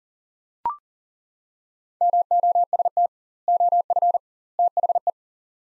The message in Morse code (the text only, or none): MOST OF THE